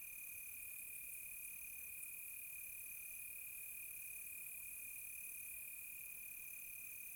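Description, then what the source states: Crickets trilling continuously on one high pitch, with a higher tone switching on and off at regular intervals. Quiet tropical night, close.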